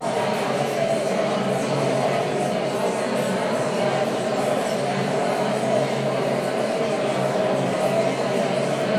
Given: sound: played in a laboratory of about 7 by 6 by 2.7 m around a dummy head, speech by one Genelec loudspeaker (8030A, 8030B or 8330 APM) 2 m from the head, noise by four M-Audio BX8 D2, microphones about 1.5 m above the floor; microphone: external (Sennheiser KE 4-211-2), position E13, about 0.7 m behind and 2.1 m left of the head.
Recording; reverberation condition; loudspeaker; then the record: babble noise; high; four, about 170 cm from the corners of the room and facing them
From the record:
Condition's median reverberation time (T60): about 1300 ms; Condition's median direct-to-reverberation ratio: about -4.0 dB